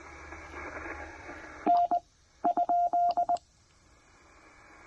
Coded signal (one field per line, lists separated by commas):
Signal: Morse code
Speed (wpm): 20 wpm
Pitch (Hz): 690 Hz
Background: radio noise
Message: N ?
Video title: Brilliant Trailside POTA with the TR-45L and PackTenna Random Wire at Lake Norman State Park!